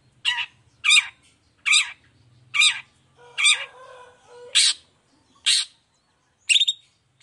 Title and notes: Cendet Gacor Dor Di Kala Pagi Toet Toet Variasi Suara. Cendet Gacor Suara Jernih Full Variasi. Burung cendet